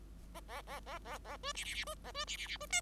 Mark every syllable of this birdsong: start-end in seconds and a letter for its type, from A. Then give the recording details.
0.34-0.40 A, 0.48-0.62 A, 0.67-0.80 A, 0.86-0.99 A, 1.04-1.18 A, 1.24-1.37 A, 1.43-1.52 B, 1.54-1.64 C, 1.64-1.74 C, 1.74-1.84 C, 1.86-1.95 B, 2.04-2.12 A, 2.14-2.25 B, 2.27-2.37 C, 2.37-2.47 C, 2.47-2.57 C, 2.60-2.66 B, 2.70-2.81 D. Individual Bird5